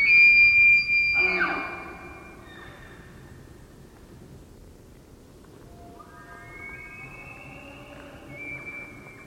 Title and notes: ROOSEVELT ELK - Olympic National Park's "Rainforest Elk" - bugling male in forest glade